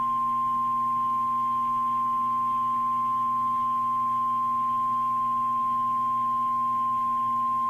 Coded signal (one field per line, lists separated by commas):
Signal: Emergency Alert System (SAME) tones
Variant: 1050 Hz attention tone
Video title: EAS #1300 - Severe Thunderstorm Warning 11-5-2015